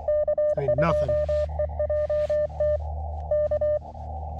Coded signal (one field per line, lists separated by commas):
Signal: Morse code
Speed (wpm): 23 wpm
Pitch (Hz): 600 Hz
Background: speech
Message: K2EJT K